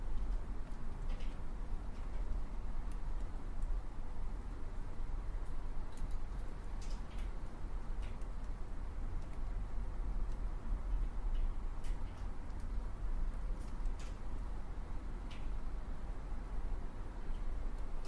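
Wind blows in a steady, dense rush that stays low and rumbling throughout, with only slight swells in strength. Brief clicks and ticks scatter across the whole stretch, a few every couple of seconds, sitting above the continuous roar.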